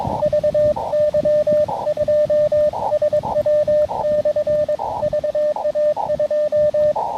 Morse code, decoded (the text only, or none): VY2SW/VA2